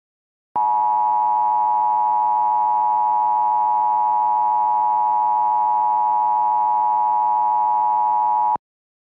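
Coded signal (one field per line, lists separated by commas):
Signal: Emergency Alert System (SAME) tones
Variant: 853 and 960 Hz attention tone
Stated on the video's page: Mock EAS alert on a cable system with valid tones.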